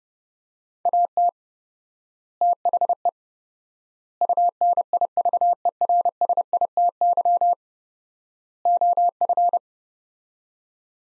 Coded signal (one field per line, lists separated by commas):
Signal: Morse code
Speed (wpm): 30 wpm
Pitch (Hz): 700 Hz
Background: none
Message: AT THE UNIVERSITY OF